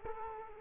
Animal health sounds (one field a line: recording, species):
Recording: mosquito wingbeat signal from an infrared sensor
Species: Culex quinquefasciatus